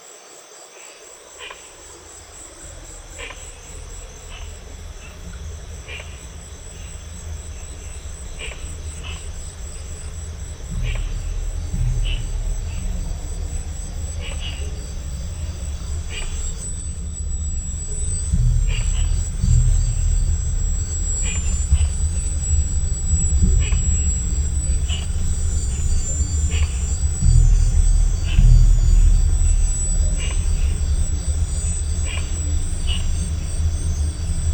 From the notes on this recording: recorded in and around Phnom Penh (Cambodia) during the "presidential" election period; Day & night.